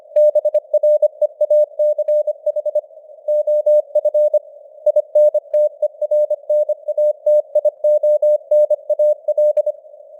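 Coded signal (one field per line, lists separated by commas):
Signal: Morse code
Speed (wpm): 25 wpm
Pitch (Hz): 600 Hz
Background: none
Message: BREACH OF INTERNATIONAL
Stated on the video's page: 25 wpm Morse news headlines with simulated radio noise and varying signal strength (QSB), an experiment.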